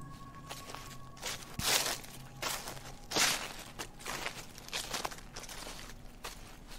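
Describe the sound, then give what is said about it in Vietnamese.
Footsteps crunch through dry leaves in a slow, uneven rhythm, each step a crackly burst of rustling with quieter crinkles between, over a low steady hum. “Mỗi một bước chân dẫm lên đám lá cây làm cho tôi rợn cả người.”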